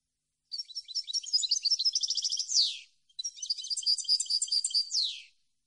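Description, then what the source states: European goldfinch song: two rapid twittering phrases of mixed tinkling notes, each ending in a drawn-out descending buzz, separated by a brief gap. Clean goldfinch song for copying, used to train birds to sing.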